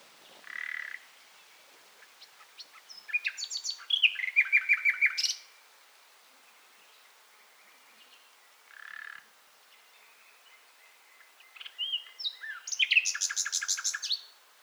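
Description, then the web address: Common nightingale song: varied phrases with a low churring note, loud rapid trills and rattles separated by pauses, repeated throughout. "SETE Luscinia megarhynchos"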